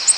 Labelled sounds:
Ovenbird flight call

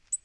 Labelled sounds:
Black-throated Green Warbler flight call

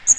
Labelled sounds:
Magnolia Warbler flight call

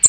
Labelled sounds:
American Redstart flight call

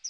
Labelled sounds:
Chestnut-sided Warbler flight call

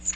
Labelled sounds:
Magnolia Warbler flight call

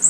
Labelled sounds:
Golden-winged Warbler flight call

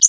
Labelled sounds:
Connecticut Warbler flight call

